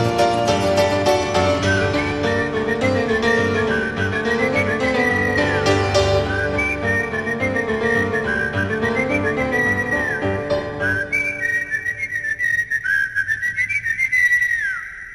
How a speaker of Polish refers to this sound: W mokrym powietrzu ciągle jeszcze krąży kozacki gwizd.